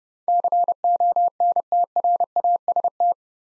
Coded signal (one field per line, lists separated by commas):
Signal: Morse code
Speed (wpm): 30 wpm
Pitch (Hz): 700 Hz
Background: none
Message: CONTRAST